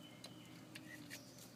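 An ABS wheel-speed sensor's plastic electrical connector on a VW is being slid toward its mating harness plug on the front strut. Brief handling ticks are heard at about 0.2 s and 0.8 s over a faint steady hiss. Nothing has seated or clicked yet.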